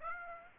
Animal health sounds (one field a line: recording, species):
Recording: mosquito wingbeat signal from an infrared sensor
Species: Aedes aegypti